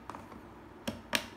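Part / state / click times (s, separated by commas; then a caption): RAM module into motherboard memory slot / seated / 0.9 s, 1.1 s. A RAM stick is pressed down into a motherboard memory slot until the slot latches lock. After a couple of faint ticks near the start, sharp clicks are heard at 0.9 s and 1.2 s as the latches snap shut. The module is seated.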